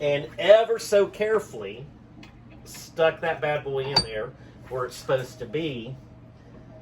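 Someone talks while a collet is placed into the collet nut of a Milwaukee M12 Fuel 1/4" right-angle die grinder, set in a bench vise to be pressed past a small retaining ring. Only speech and faint handling sounds are heard, and nothing has seated or clicked yet.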